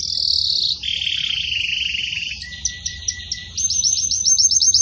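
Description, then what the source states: Belgian canary song: a high buzzy roll drops to a lower rolling trill, a quieter stretch of scattered notes, then quick repeated high chips. Belgian canary; pure "campainha" song with pauses, for training.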